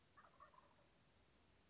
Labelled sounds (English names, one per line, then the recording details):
Wild Turkey
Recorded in Sonoma County, California